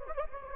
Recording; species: mosquito wingbeat signal from an infrared sensor; Anopheles gambiae